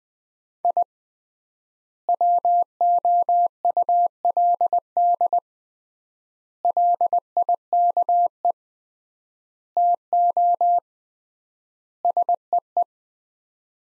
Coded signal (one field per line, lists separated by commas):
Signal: Morse code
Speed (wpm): 20 wpm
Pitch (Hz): 700 Hz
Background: none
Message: I WOULD LIKE TO SEE